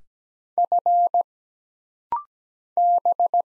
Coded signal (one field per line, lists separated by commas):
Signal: Morse code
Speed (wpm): 17 wpm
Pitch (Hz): 700 Hz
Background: none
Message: F B